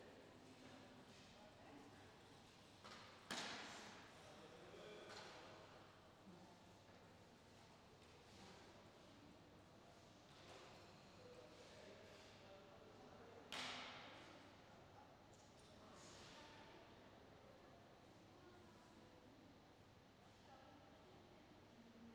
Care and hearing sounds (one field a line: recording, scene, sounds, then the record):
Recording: everyday scene through a hearing-aid microphone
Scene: reverberant space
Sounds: background noise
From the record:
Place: railway station hall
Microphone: in the ear canal, left